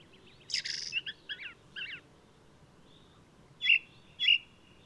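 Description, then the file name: Ring ouzel song: a harsh, scratchy opening burst with several rough notes, then two loud clear fluty notes spaced about half a second apart, over low hiss. Singing male of the alpine subspecies alpestris, recorded 22 May 2018 at Důl Bílého Labe in the Krkonoše mountains, Czech Republic. "180522 BIO rouz-alpestris-1-M-S cz dul-bileho-labe"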